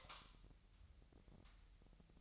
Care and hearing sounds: daily activity, microphone in the room; light off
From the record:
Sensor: 3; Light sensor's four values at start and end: 12/33/13/12 and 6/13/5/6

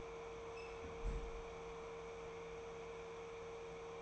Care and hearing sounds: daily activity, microphone in the room; close fridge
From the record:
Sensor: 1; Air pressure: 1014.9 hPa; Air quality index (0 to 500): 192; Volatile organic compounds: 21 ppm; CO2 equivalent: 2725 ppm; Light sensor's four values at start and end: 11/27/11/12 and 11/27/11/12

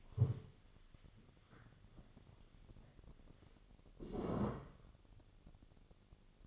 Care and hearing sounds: daily activity, microphone in the room; stand up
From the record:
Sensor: 4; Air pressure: 1001.2 hPa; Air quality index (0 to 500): 181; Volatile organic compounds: 2 ppm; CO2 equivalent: 1295 ppm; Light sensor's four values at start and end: 14/32/13/13 and 14/32/13/13

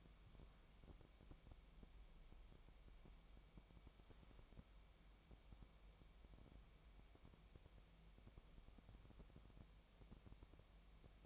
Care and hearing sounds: daily activity, microphone in the room; wipe stove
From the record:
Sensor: 1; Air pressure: 1003.2 hPa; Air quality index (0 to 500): 198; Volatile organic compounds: 6 ppm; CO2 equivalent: 1888 ppm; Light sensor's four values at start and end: 11/26/11/13 and 11/26/11/13

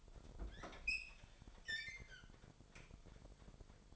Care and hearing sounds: daily activity, microphone in the room; open fridge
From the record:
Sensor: 5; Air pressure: 1002.1 hPa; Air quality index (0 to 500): 226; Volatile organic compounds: 29 ppm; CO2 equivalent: 2939 ppm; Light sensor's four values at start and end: 9/21/8/9 and 10/23/10/11

